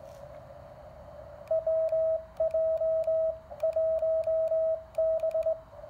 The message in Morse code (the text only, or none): WJ1B